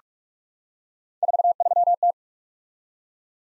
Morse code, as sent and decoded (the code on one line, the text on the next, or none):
....- ...-- -
43T